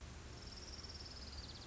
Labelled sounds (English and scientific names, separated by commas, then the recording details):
Orange-crowned Warbler (Leiothlypis celata)
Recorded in Sonoma County, California